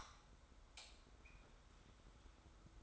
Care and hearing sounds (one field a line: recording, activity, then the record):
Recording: daily activity, microphone in the room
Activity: light on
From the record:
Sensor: 3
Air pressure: 991.0 hPa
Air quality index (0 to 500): 115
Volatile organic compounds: 73 ppm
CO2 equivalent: 3542 ppm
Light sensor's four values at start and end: 36/86/35/32 and 39/95/38/36